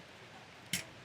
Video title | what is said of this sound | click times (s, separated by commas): Ultra Portable Front or Rear Winch Wire Up: Warn Axon 55-S | but you push it until you hear it click | 0.7 s